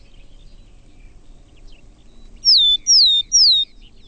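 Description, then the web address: Willow tit gives a quick run of three piping notes, each gliding downward in pitch, after a couple of seconds of quiet background noise. "chant Mesange boreale"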